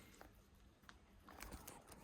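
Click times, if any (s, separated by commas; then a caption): none. On a 2002 Renault Twingo, the seat cover tensioner is handled against the driver's seat frame, with faint rustling and a few soft taps and scrapes. Nothing has seated or clicked yet.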